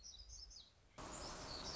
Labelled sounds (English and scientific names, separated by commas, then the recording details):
Black-throated Gray Warbler (Setophaga nigrescens)
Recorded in Sonoma County, California